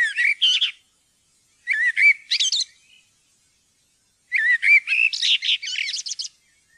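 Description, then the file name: Common blackbird song in three phrases of mellow fluting notes running into squeaky, high twitters, with silence between them. "svarttrost"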